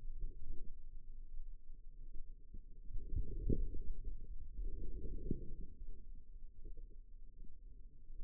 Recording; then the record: forearm muscle sounds (acoustic myography)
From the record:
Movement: outward rotation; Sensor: system 2, bracelet of six BSWA MPA416 microphones around the upper forearm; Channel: 3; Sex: female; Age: 25 years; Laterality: right